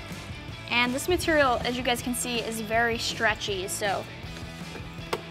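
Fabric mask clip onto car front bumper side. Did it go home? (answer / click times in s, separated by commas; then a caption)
yes / 5.1 s. One side of a Novistretch Hi-Flow elastic fabric front end mask is clipped onto the side of the front bumper of a 2015-2019 Mustang GT/V6. Someone talks over faint background music, and a short sharp click at 5.1 s marks the side clip snapping in and seating.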